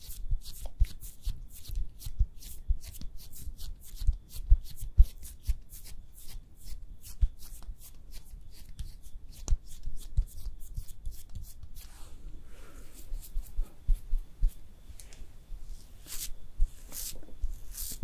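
Makeup being applied with no talking: rapid, dense brushing and tapping clicks, steady at first, then rougher scratchy strokes after twelve seconds.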